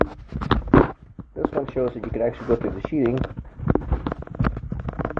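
A wire terminal is handled at a Superfit 2 in 1 treadmill's power switch, going in through the sheeting, while someone talks. Short taps and handling noises come through under the voice. The terminal is not yet home, and nothing has seated or clicked yet.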